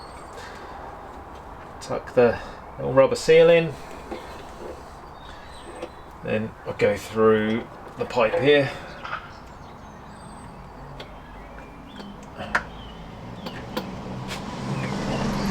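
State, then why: Not seated. A second high tension lead on a classic Fiat 500 is routed through the pipe while a small rubber seal is tucked in, ready for its cap to be pushed onto a spark plug. Someone talks over quiet outdoor ambience with faint bird chirps and a few short handling taps, the sharpest near 12.6 s. The clip ends before the cap goes home, so nothing has seated or clicked yet.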